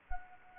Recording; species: mosquito wingbeat signal from an infrared sensor; Anopheles gambiae